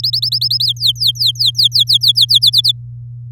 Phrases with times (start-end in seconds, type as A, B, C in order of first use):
0.03-0.65 A, 0.65-2.39 B, 2.42-2.72 C